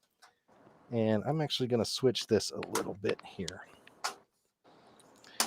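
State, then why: Seated. Someone talks, then a metal IO shield is pressed into the rear opening of a PC case. Small clicks are heard at 5.0, 5.2 and 5.4 seconds, the last one sharpest, as the shield clicks into place and seats.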